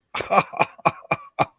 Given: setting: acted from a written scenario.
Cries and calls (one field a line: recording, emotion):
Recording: vocal sound without words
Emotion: elation